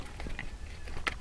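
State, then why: Not seated. A small MantisX shot-tracking training sensor is slid, tab forward, onto a pistol's Picatinny accessory rail. Low handling rustle is broken by two brief, sharp taps at about 0.4 and 1.1 seconds, the second louder. Nothing has clicked into the rail slot or seated yet.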